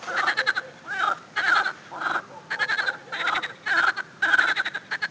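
Frogs calling densely, with rapid runs of nasal, rattling croaks packed close together.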